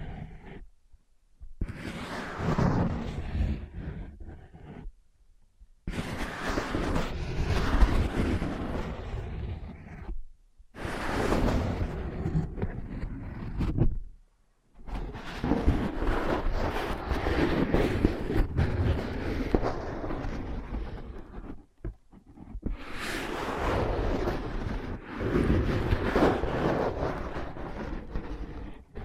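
Scratching and rubbing on a soft, padded surface comes in long, dense bursts of several seconds each, separated by short silent pauses. The sound is rough and full, reaching from a low muffled rumble up to bright scratchy detail, with no voice.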